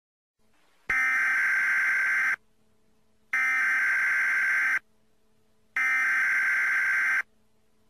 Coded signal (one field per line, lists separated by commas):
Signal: Emergency Alert System (SAME) tones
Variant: header bursts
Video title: EAS Scenario #7: Tsunami